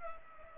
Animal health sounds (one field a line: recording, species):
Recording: mosquito wingbeat signal from an infrared sensor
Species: Culex pipiens